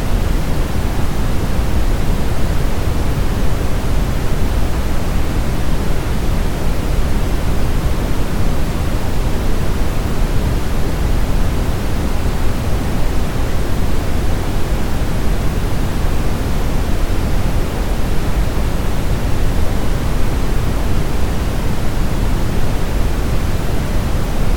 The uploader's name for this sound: Brown Noise Sound Machine